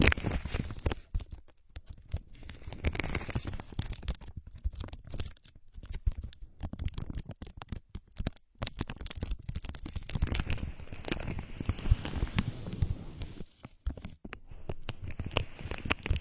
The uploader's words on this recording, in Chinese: 无人声按摩耳朵（声控助眠）。